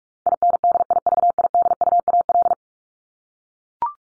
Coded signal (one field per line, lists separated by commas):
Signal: Morse code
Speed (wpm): 44 wpm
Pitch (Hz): 700 Hz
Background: none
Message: INDIVIDUAL